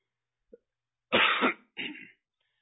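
Two harsh cough bursts from an adult man, the first longer and fuller, the second shorter with a throat-clearing quality, after a faint click. The cough comes from congestion sitting at the top of the lungs that won't let go, during a summer cold of about a week and a half that is on the mend.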